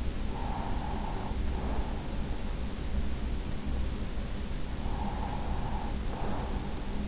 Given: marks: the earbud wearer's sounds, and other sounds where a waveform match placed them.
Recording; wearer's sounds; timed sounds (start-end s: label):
sounds in sleep by an in-ear microphone; breath
0.26-2.23 s: breath
4.63-7.08 s: breath